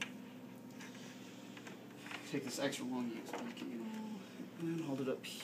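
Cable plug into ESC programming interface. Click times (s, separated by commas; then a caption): 0.0 s. A cable plug is pressed firmly into a Hotwire ESC programming box and clicks into place at 0.0 s, fully seated. Someone talks, and small knocks follow around 1.6 s.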